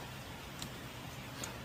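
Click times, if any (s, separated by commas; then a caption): 0.6 s, 1.4 s. A heater hose quick connector on a 2005 Chevy Trailblazer is pushed onto its heater core pipe until it locks in place. Over a steady background hiss, two faint clicks sound at 0.6 s and 1.4 s. The connector is seated and holds when pulled.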